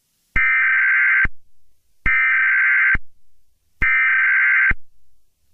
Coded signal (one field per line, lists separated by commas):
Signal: Emergency Alert System (SAME) tones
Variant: header bursts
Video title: (EAS Scenario) The Arctic Tsunami